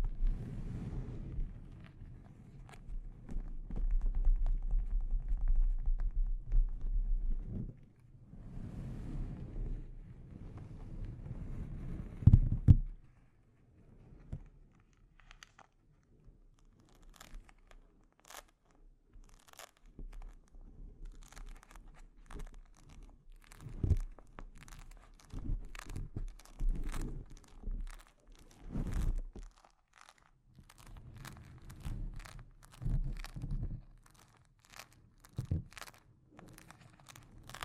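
Delicate mic scratching and tapping. For the first dozen seconds a dense, low, rough scratching rubs on with brief pauses, then it gives way to sparse, crisp taps and clicks at an uneven pace, some sharp and bright, mixed with short scratchy bursts.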